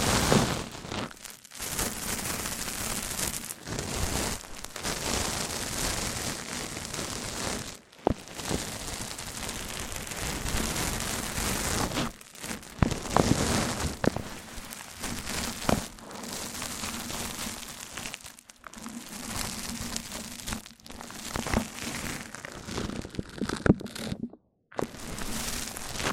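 Mic-on-mic triggers fill the clip with dense, scratchy rubbing and crackling that stays loud and fairly steady. A low hum runs underneath. Sharp cuts to near silence break it up around 1, 8, 12, 16, 18 and 24 seconds.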